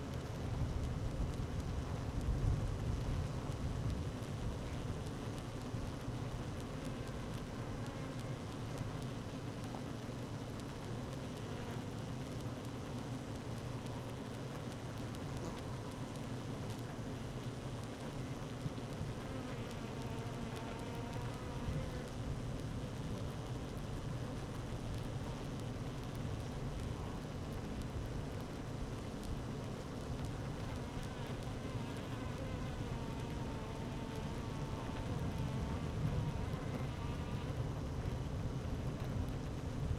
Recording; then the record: honeybee colony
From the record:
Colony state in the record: active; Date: 12 June 2018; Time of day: 12:26